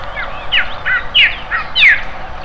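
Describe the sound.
Bird chirps: short, sharp, descending notes, several in quick succession, over a steady background hiss.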